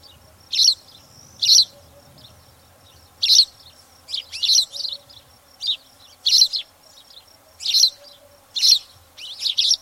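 Spanish sparrow chirps, high and clipped, repeated in a series that grows denser toward the end.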